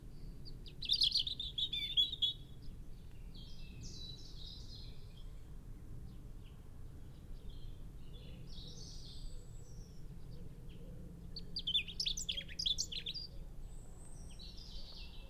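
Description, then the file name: European robin song: short high warbling phrases with long pauses between them, a bright trill near the start and another near the end, over steady low background noise. "Erithacus rubecula"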